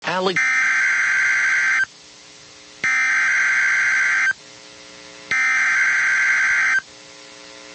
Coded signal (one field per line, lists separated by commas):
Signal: Emergency Alert System (SAME) tones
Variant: header bursts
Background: speech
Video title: Severe Thunderstorm Warning (IL and KY) (3/30/25) [EAS #104]